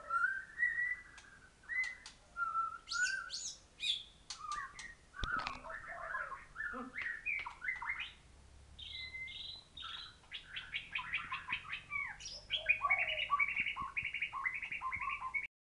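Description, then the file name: White-rumped shama singing a varied song of whistled notes, quick trills and sharp high clicks. Thailand. "murai thailand"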